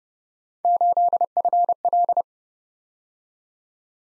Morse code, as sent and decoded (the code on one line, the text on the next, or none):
---.. ..-. .-..
8FL